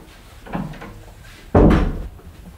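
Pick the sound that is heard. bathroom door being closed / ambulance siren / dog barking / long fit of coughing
bathroom door being closed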